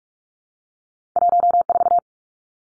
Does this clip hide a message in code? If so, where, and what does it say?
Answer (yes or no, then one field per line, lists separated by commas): yes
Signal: Morse code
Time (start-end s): 1.2-2.0 s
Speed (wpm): 44 wpm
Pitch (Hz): 700 Hz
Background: none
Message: 14